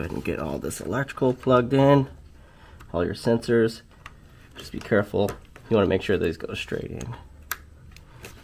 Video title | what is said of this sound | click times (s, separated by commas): Jeep Wrangler JK JKU - Oil Cooler Filter Housing Replacement 3.6L Pentastar Doorman 926-876 | Hear the click. | 7.5 s